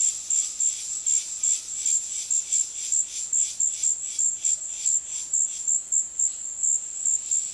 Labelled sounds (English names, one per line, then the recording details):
Undulated Tinamou
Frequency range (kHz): Undulated Tinamou 0.4-1.7 kHz
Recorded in dense forest near Puerto Asís, Putumayo, Colombia, on 21 February 2024 at 16:30
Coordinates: 0.502, -76.326
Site G6460